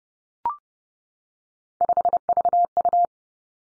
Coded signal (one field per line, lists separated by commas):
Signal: Morse code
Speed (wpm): 30 wpm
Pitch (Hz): 700 Hz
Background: none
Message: 5VU